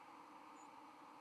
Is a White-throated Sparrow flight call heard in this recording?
no